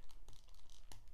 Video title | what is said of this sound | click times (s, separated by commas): WHY is this the COOLEST Iron Man Suit? - ZD Toys Mk.1 Figure - FULL REVIEW!! | so that you heard it click. Well, I hope you heard it click. It's definitely on, but | 0.9 s